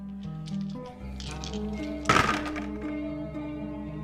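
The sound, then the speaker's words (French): A short, sharp clatter of six dice, three red and three yellow, tumbling together bursts out midway, lasting well under a second over a steady tonal background hum, with a few faint ticks before it. “Donc tu vas lancer 3 et 3 dés.”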